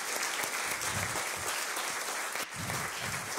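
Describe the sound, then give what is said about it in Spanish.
A church audience applauds for the Lord with steady, dense clapping that fills the whole stretch, a continuous crackling wash of many hands with a brief dip near the end before resuming. “Le damos un aplauso al Señor.”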